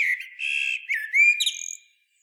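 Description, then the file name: Eurasian blackbird giving a short fluty whistled note that slides upward, followed by a brief burst of high squeaky twittering, then silence. "Turdus merula"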